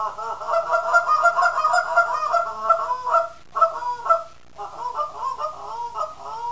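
Canada goose flock honking, many overlapping nasal calls forming a continuous chorus, briefly cut twice.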